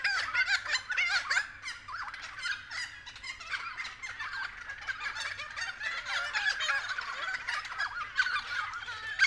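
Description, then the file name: Raucous friarbird calls overlapping in a thick chorus of rasping, chattering notes throughout. Several friarbirds calling at 6:30 AM. "BIRD-FRIARBIRDS-N-301111-6 30 AM"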